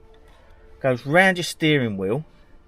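A steering wheel and seat belt anti-theft lock, which plugs into the seat belt buckle, is being put around a motorhome steering wheel while someone talks. Its metal/plastic lock has not been pushed closed, and nothing has seated or clicked yet.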